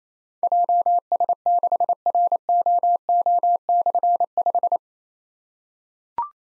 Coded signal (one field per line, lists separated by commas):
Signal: Morse code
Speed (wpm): 28 wpm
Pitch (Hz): 700 Hz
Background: none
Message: JS6ROO/5